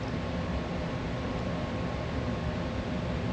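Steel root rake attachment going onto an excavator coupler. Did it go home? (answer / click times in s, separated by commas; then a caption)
no / none. A steel root rake attachment, being built for a compact excavator, is shifted up on the excavator coupler to try to lock it into place. Only steady broadband noise with a low rumble is heard, with no distinct impact. The attachment does not lock in, and nothing has seated or clicked yet.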